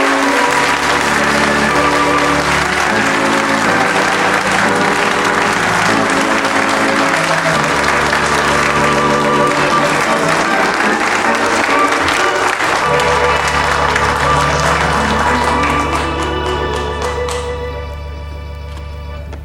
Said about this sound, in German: Applaus.